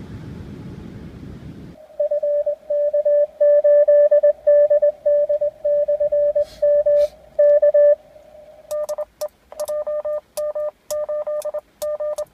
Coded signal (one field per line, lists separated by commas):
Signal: Morse code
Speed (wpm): 24 wpm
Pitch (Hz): 590 Hz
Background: none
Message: FK8DD/M K DE JM8G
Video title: CW QSO with FK8DD/M (14 Nov 2015)